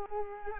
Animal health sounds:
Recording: mosquito wingbeat signal from an infrared sensor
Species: Culex quinquefasciatus

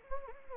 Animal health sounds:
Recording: mosquito wingbeat signal from an infrared sensor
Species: Anopheles gambiae

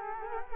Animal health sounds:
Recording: mosquito wingbeat signal from an infrared sensor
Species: Culex quinquefasciatus

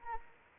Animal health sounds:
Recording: mosquito wingbeat signal from an infrared sensor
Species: Anopheles arabiensis

